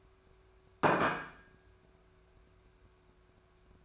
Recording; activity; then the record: daily activity, microphone in the room; place plate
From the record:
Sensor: 2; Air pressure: 1014.9 hPa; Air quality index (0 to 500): 206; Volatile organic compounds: 21 ppm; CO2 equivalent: 2728 ppm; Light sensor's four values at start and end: 21/48/21/24 and 21/49/21/24